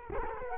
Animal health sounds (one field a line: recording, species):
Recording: mosquito wingbeat signal from an infrared sensor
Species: Culex quinquefasciatus